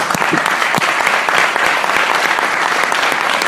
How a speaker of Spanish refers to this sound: al que pido un fuerte aplauso para él